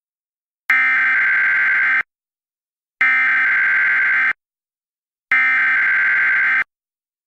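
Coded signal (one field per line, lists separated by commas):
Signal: Emergency Alert System (SAME) tones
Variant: header bursts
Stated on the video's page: Mock emergency alert scenario tones about food poisoning, fictional, loosely based on a true story.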